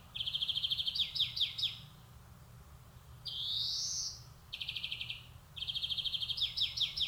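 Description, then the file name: European greenfinch song of quick rolling trills and twittering notes, broken by a long nasal wheeze that rises in pitch. "Chloris chloris"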